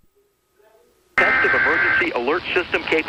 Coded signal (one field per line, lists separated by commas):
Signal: Emergency Alert System (SAME) tones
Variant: header bursts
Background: speech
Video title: special test eas